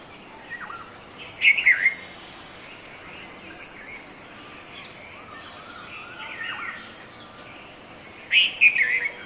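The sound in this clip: Red-vented bulbul song: two lively, slurred phrases, one near the start and one near the end, with soft background bird chatter between them.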